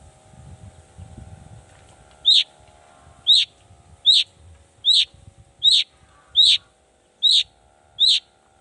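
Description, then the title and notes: Long-tailed shrike sharp falling whistles repeated at a steady pace, eight notes after a low rumbling start. Cendet song with toet toet variations, in the morning; described as lively and calling to provoke other shrikes to answer. "Cendet Gacor Dor Di Kala Pagi Toet Toet Variasi Suara. Cendet Gacor Pagi Hari Biangnya Bikin Cendet Manapun Langsung On Nyaut Buka Materi. Burung cendet"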